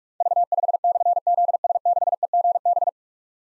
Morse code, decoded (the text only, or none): V5/ZS6EGB